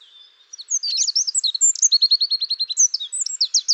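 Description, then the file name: Eurasian wren singing a fast, high, tumbling song of piercing chips and rattling trills that runs on without pause after a faint opening note. "Troglodytes troglodytes"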